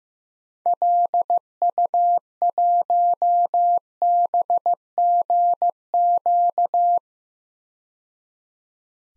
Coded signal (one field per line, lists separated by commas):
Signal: Morse code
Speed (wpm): 15 wpm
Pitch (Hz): 700 Hz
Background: none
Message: LU1BGQ